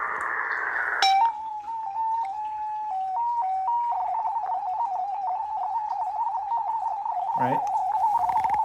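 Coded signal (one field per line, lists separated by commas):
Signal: multi-tone FSK (Olivia or MFSK type)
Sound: brief hiss, then a steady warbling tone hopping among nearby pitches around 800 Hz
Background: brief voice, radio hiss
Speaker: Now when that signal comes through, you can hear it. Right?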